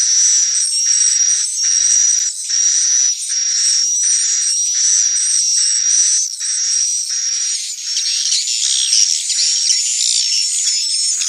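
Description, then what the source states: Swiftlet chirp bursts, buzzy and high, pulsing steadily with a sustained whistle tone, turning into a busier twittering mix toward the end. Call used for swiftlet farming in Asia.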